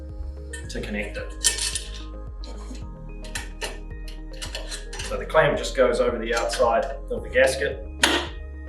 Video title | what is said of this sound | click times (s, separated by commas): BFM® Lipped Spigot [Product Video] | snaps in place and is all secured. | 8.0 s